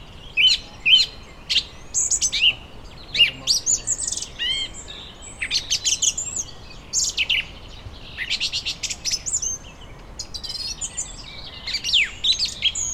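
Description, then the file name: Birds singing and chirping, with many short high chirps, trills and whistled notes overlapping in bursts throughout. Birds in a vineyard, Germany, on a summer evening. "nature vineyard ambience summer evening birds occassional voice distant traffic germany"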